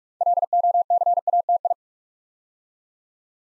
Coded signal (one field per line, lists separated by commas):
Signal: Morse code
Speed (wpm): 44 wpm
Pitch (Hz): 700 Hz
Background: none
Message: LOCATI